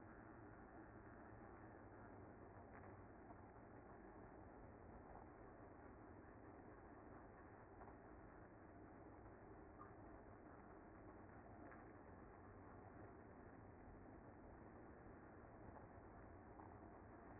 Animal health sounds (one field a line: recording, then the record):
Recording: honeybee colony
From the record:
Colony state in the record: active